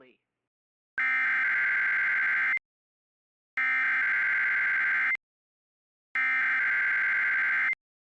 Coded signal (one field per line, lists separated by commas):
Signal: Emergency Alert System (SAME) tones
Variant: header bursts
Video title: IP - Snow SQUAIL Warning(S) - No EAS